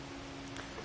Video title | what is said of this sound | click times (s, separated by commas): etrailer - Fit Test: Yakima RidgeBack Bike Rack for 2 Bikes with 2018 Subaru Forester | you see we they're locked now | 0.6 s